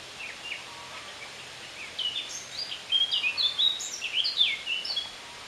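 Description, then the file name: Eurasian blackcap song: quiet chattering start, then a loud, varied run of pure fluty whistles sliding up and down. "Sylvia atricapilla"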